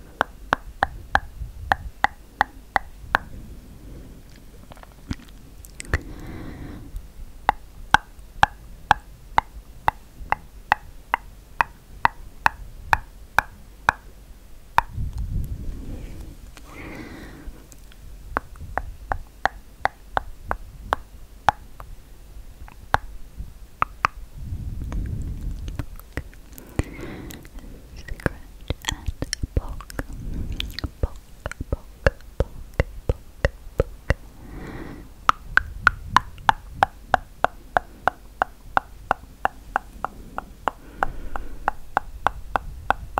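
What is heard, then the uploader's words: Tongue clicking runs through the recording as rapid, sharp pops in irregular bursts, some quick rattling runs and some spaced taps. Softer low rustles and thumps from hand movement appear between them, notably around 6, 15, 25 and 35 seconds. ASMR Tingly Tongue Clicking Hand Movements & Personal Attention.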